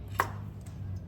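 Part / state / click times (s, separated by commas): spark plug cap pulled off spark plug on motorcycle cylinder head / released / 0.2 s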